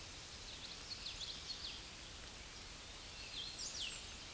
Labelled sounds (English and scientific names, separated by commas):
Hooded Warbler (Setophaga citrina) song